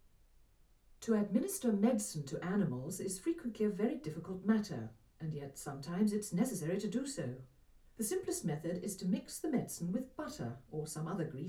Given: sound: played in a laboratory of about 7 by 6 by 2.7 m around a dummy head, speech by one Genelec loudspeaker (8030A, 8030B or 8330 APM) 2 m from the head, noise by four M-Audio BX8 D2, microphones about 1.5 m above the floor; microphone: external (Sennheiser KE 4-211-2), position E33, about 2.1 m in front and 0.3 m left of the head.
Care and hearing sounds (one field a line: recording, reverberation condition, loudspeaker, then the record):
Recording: female speech in English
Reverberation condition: low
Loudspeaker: 150 degrees to the right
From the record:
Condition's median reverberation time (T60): about 310 ms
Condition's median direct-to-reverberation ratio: about 3.5 dB